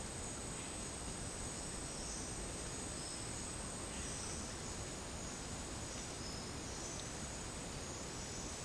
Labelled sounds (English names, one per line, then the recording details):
none
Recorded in dense forest near Puerto Asís, Putumayo, Colombia, on 24 June 2025 at 12:00
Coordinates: 0.499, -76.324
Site G100